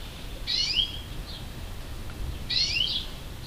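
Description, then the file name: European greenfinch, two wheezy, falling calls two seconds apart, each followed by a faint short note, against low background hiss. "Chloris chloris"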